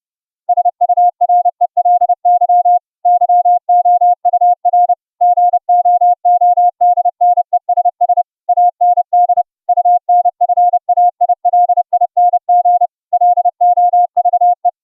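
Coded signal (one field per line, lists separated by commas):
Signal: Morse code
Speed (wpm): 30 wpm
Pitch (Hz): 710 Hz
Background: music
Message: SURELY YOUR GOODNESS AND UNFAILING LOVE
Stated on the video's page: CW audio tones generated by FLdigi software and sent over the internet via UltraGrid with the OPUS codec at 64k.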